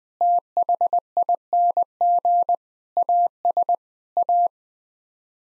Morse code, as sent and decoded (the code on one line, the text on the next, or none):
- .... .. -. --. / .- ... / .-
THING AS A